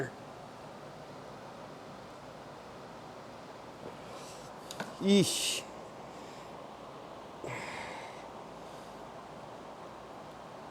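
A keyed (splined) cable plug is handled at its socket while assembling an xTool D1 Pro 20 watt laser engraver. Over a steady background hiss, there are faint rustles and two brief ticks near 4.7 and 4.8 s, and someone talks. The plug has not yet seated or clicked into the socket.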